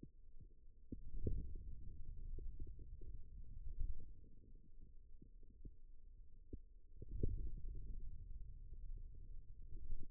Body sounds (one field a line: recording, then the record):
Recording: forearm muscle sounds (acoustic myography)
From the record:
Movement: ulnar deviation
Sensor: system 2, bracelet of six BSWA MPA416 microphones around the upper forearm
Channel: 6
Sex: male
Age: 22 years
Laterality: right